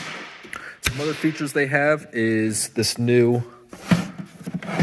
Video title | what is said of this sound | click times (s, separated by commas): Festool Systainer 3rd Generation Overview | same with this front handle it's currently locked in and you can pop it out some | 0.5 s